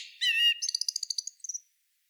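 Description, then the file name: Common blackbird gives a brief fluty note followed by a rapid series of high, thin, chirping pips. "Turdus merula"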